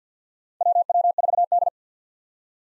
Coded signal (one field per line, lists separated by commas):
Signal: Morse code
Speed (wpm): 50 wpm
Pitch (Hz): 700 Hz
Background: none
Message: WW4D